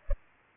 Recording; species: mosquito wingbeat signal from an infrared sensor; Culex pipiens